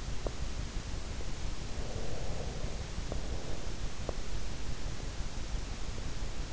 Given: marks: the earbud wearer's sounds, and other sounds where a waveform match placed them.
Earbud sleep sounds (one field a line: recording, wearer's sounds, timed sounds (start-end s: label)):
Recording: sounds in sleep by an in-ear microphone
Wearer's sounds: teeth grinding, breath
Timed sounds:
0.00-0.46 s: teeth grinding
1.71-3.73 s: breath
4.03-4.25 s: teeth grinding